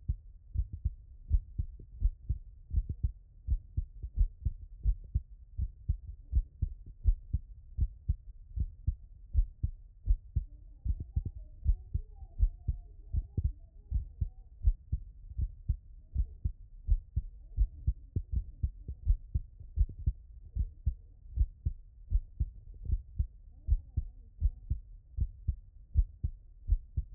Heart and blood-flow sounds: heart sounds by stethoscope; tricuspid valve (TV)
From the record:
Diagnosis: non-HFrEF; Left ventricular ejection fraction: 63%

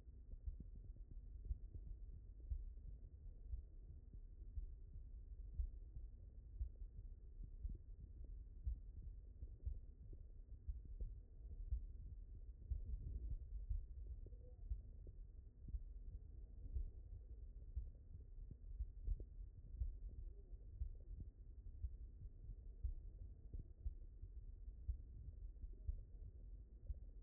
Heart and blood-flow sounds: heart sounds by stethoscope; mitral valve (MV)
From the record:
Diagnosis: non-HFrEF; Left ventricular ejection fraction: 76%

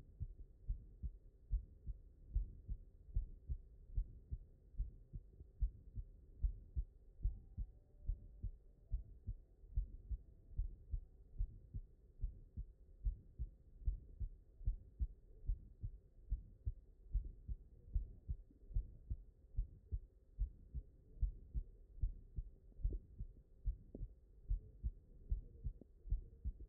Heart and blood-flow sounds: heart sounds by stethoscope; mitral valve (MV)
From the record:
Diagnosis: non-HFrEF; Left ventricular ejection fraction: 56%

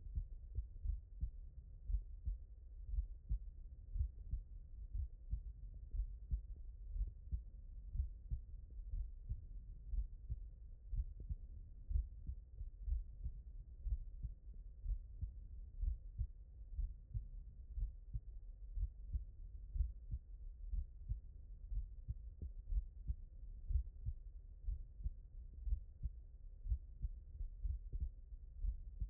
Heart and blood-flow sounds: heart sounds by stethoscope; mitral valve (MV)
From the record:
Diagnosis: non-HFrEF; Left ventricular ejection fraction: 60%

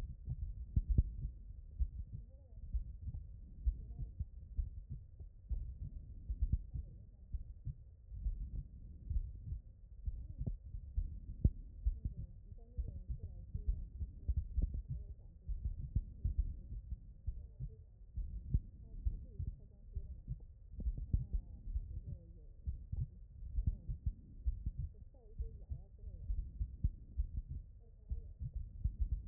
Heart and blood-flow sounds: heart sounds by stethoscope; pulmonary valve (PV)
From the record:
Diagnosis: non-HFrEF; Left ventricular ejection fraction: 46%

